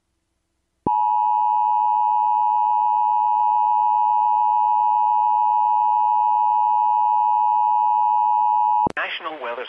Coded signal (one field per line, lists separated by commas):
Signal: Emergency Alert System (SAME) tones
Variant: 853 and 960 Hz attention tone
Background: speech